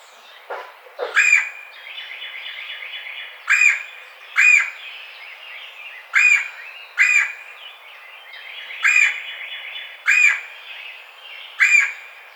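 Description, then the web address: Red-bellied woodpecker sending out a series of short harsh churring calls at uneven intervals, amid soft twittering of other birds. Recorded 4 May 2009. "sounds birds Red-bellied Woodpecker 2009 05 04 Red-bellied Woodpecker 01"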